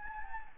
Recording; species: mosquito wingbeat signal from an infrared sensor; Anopheles gambiae